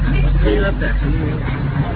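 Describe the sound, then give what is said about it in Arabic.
A car passes outside an open window, a steady low engine rumble with a broad hiss that holds fairly loud for about two seconds, with indistinct murmuring voices underneath. “الشباك هذا النافذة مفتوحة. وإلا كان الفجر السيارة.”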